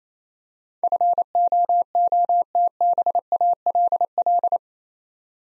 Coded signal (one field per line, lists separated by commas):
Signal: Morse code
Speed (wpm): 29 wpm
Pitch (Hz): 700 Hz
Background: none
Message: FOOTBALL